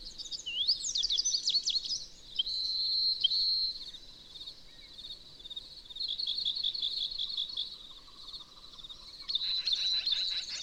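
Bird song: sweeping whistled notes at the start, then long thin sustained tones and fast twittering trills.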